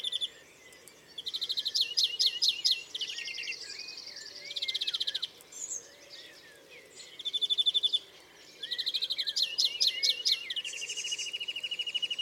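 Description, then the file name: European greenfinch trilled calls: fast rattling bursts of repeated notes, some ringing and buzzy, coming in several spells with short gaps, alongside quieter twittering. "Chloris chloris"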